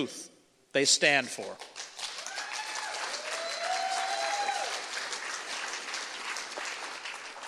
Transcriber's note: audience applause